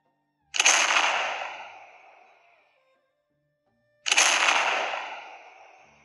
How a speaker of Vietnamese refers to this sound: Hai cột khói đen vọt lên trời, tiếng nổ kinh thiên làm lỗ tai mọi người kêu ong ong.